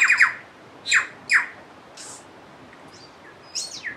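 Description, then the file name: Bird calls: short squawking chirps in quick bursts at the start, near one second and near one and a half seconds, with thin high notes later, over a soft steady hiss. Turangi River, New Zealand. "Star Wars Birds Turangi River loop"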